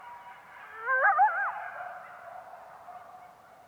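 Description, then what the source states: Coyote giving a burst of wavering, looping howls that rise and fall rapidly, then trail off into a softer sustained note. Coyotes recorded in Yellowstone in 2021.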